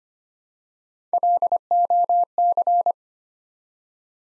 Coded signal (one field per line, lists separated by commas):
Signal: Morse code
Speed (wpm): 25 wpm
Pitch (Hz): 700 Hz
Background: none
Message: LOC